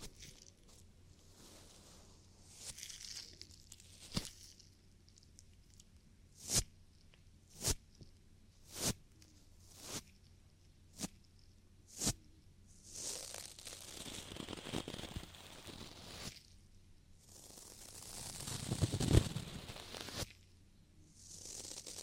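Ear cleaning sounds: soft scratchy rustling drifts in and out, with a run of sharp single clicks or taps roughly once a second from about 4 to 12 seconds. Later come longer, louder bursts of crinkly scraping, peaking near 19 seconds, over a faint low hum.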